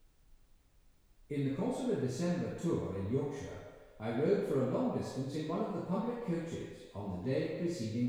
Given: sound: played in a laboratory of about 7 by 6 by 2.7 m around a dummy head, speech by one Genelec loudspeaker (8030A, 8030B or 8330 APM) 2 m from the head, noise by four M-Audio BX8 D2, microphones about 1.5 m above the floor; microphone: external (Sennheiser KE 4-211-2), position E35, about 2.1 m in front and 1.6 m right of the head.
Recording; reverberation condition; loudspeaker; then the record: male speech in English; high; 30 degrees to the right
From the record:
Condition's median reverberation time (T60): about 1300 ms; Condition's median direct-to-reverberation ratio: about -4.0 dB